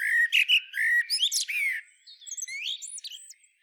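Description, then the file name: Common blackbird calls: loud, harsh chirps and squawky notes mixed with rising whistled slurs during the first two seconds, followed by fainter high twittering and thin whistles. "Turdus merula"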